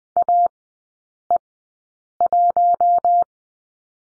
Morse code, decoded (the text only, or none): AE1